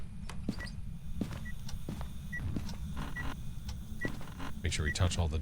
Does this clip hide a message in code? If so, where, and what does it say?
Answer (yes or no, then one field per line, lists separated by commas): no